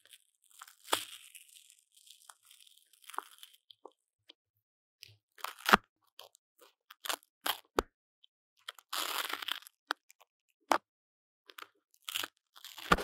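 Paper tape is handled right up against a microphone, giving dry crinkles and crackles in irregular bursts separated by short silences. Sharp taps and snaps punctuate it, and a longer rasping tear stands out around the nine-second mark.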